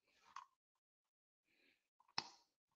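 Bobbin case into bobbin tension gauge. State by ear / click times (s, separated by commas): seated / 2.2 s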